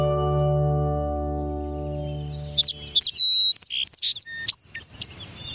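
Song sparrow song, a lively burst of bright chips, sharp notes and quick trills, following a low sustained musical drone in the first half.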